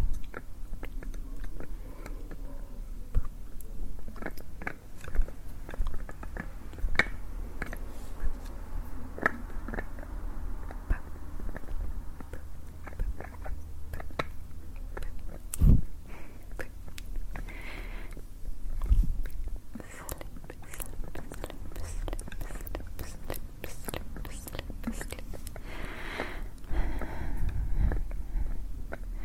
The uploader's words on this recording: ASMR Intense Layered Sounds + Closeup Hands movements.